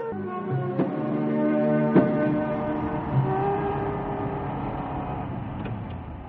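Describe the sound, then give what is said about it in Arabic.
A car engine hums and rumbles as the vehicle pulls up at a brake repair workshop, its tone rising and falling with revving, punctuated by a few brief clunks. No voices are heard. “لمؤاخذة يعني العربية فيها حاجة بيه؟”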